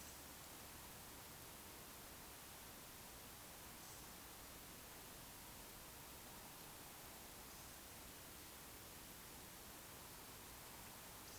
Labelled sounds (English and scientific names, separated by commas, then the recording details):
Eurasian Woodcock (Scolopax rusticola) whistle
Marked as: whistle, whistle, whistle, whistle
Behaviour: display flight
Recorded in Baden-Württemberg, Germany, on 16 June 2020 at 20:31 UTC
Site 45520, 595 m above sea level